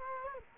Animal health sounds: mosquito wingbeat signal from an infrared sensor; Culex quinquefasciatus

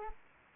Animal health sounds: mosquito wingbeat signal from an infrared sensor; Anopheles arabiensis

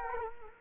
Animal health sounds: mosquito wingbeat signal from an infrared sensor; Culex quinquefasciatus

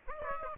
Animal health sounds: mosquito wingbeat signal from an infrared sensor; Aedes aegypti

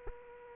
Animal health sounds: mosquito wingbeat signal from an infrared sensor; Aedes aegypti

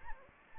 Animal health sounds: mosquito wingbeat signal from an infrared sensor; Anopheles gambiae

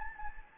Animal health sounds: mosquito wingbeat signal from an infrared sensor; Anopheles gambiae

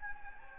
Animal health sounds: mosquito wingbeat signal from an infrared sensor; Anopheles gambiae

